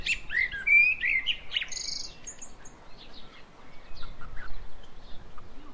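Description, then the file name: Common blackbird song: a few fluty warbled notes in the first two seconds, then squeaky high notes, before faint chirps over a steady hiss. "Turdus merula"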